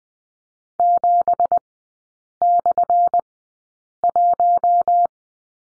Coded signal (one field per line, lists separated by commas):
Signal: Morse code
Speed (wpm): 20 wpm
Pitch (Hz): 700 Hz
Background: none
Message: 7/1